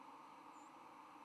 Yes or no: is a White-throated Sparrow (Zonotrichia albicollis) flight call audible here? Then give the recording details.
yes. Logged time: 04:04 on 10 November 2014